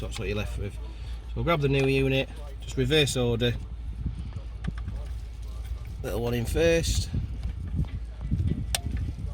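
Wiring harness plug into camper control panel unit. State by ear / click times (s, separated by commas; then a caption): seated / 8.8 s. Someone talks while the first wiring harness plug is pushed into the back of a new VW California camping control panel unit. A sharp click at 8.8 s marks the connector seating in place.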